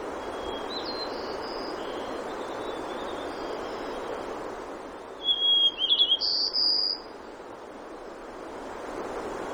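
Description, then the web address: White-crowned sparrow song: a clear whistled note, then a quick jumble of chirps and a buzzy ending. Fainter songs are heard earlier over a steady rushing background. Denali, Alaska; 3 June 2012. "alaska BIRDS. White Crowned"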